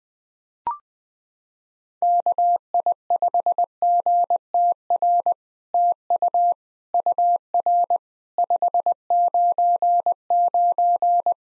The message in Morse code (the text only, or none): KI5GTR TU UR 599